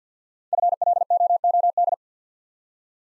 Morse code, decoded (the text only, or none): FLOOD